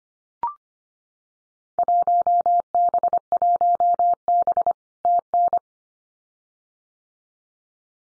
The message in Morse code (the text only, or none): 1B1B TN